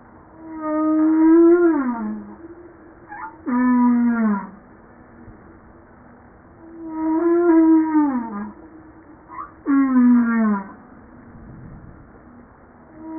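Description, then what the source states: Humpback whale song with a repeating phrase: a rich harmonic moan rising slightly then falling, a short upswept squeak, then a falling harmonic moan, pattern repeated twice. 5 March 1994 at 09:52.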